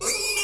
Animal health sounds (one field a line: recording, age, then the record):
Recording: pig call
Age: weaner (32 to 43 days)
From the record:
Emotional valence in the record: negative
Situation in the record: novel object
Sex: female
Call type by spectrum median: high-frequency call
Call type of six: high-frequency stable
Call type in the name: high-frequency stable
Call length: 0.44 s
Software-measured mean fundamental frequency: 477 Hz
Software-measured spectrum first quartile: 2058 Hz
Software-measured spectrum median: 4728 Hz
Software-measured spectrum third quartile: 7213 Hz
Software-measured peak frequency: 2389 Hz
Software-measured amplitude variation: 94 dB a second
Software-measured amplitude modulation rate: 16.9 a second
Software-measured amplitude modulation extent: 5.5 dB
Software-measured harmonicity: 4.5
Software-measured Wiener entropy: -2.29